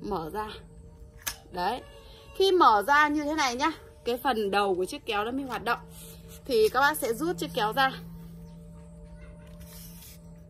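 A telescopic pole section of a long-reach fruit-picking pole pruner is being extended toward the lock in the next section, while someone talks over a steady background hum. There is a brief sharp tick at about 1.2 s. Nothing has seated or clicked into the lock yet, and if the pole is pulled out but not engaged in the joint, the shears will not work.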